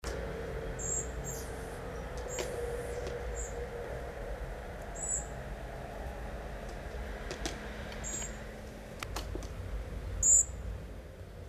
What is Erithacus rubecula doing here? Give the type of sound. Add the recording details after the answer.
call. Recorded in the wild. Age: juvenile. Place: Kaiserslautern, Rheinland-Pfalz, DE. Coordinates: 49.4247, 7.77889. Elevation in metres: 279. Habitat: garden. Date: 1980-08-18. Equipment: Uher 4000 Report, Brühler-Mikrophon, Parabolreflektor. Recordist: Tretzel, Erwin